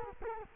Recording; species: mosquito wingbeat signal from an infrared sensor; Culex quinquefasciatus